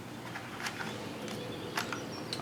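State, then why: Not seated. A knockoff, non-DJI flight battery is pushed into the battery bay of a Phantom 3 quadcopter drone, with only faint, brief scraping ticks heard over a steady background hiss. The heavy battery sits flush, but the latch has not snapped or clicked.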